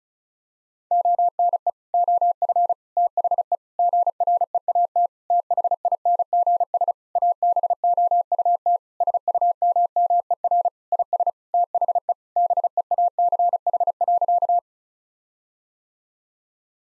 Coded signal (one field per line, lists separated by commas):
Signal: Morse code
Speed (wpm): 36 wpm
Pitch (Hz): 700 Hz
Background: none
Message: ONE OF THE GREAT THINGS ABOUT SUMMER IS THE BEACH.